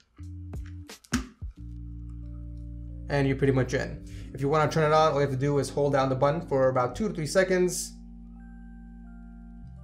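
The top cover of a plastic phone battery charging case, holding an iPhone 10, is put back onto the case body, with a few small knocks before a sharp click at 1.1 s as it snaps into place. Background music plays throughout and someone talks afterward.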